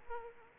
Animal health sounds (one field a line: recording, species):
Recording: mosquito wingbeat signal from an infrared sensor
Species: Aedes aegypti